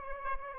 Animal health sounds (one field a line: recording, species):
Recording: mosquito wingbeat signal from an infrared sensor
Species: Aedes albopictus